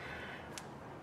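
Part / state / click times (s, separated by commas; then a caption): wiring harness connector onto throttle body / seated / 0.6 s. An electrical wiring harness connector is pushed onto the throttle body sensor of a 2000–2008 Ford Focus during throttle body housing service. Over a steady background hiss, a single short, sharp click sounds at 0.6 s as the connector snaps into place, fully seated.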